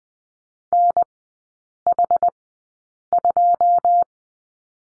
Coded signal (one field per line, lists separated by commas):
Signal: Morse code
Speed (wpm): 20 wpm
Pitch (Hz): 700 Hz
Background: none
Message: NH2